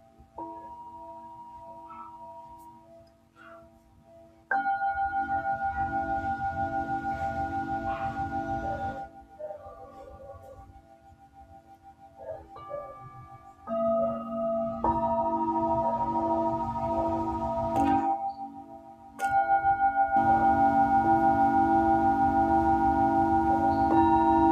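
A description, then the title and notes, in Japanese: Tibetan singing bowls ring in long, sustained tones, struck afresh about every five seconds, near 4.5, 14, 15 and 20 seconds, each strike swelling the sound before a slow fade. Several steady pitches overlap with a low beating hum, and soft rustling sits underneath. 深夜のシンギングボウルのサウンドヒーリング。チベタンシンギングボウル。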